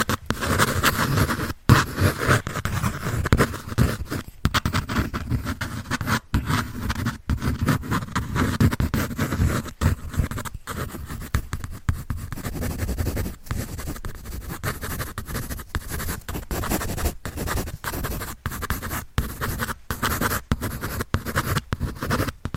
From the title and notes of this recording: ASMR Pencil On Paper Sounds Drawing, Scratching No Talking.